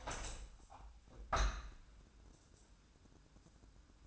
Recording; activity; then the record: daily activity, microphone in the room; open window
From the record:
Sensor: 2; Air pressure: 1000.4 hPa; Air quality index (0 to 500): 147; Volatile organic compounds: 2 ppm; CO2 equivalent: 1221 ppm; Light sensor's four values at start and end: 11/30/11/13 and 12/31/12/14